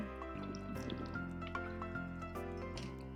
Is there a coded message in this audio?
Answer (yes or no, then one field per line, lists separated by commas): no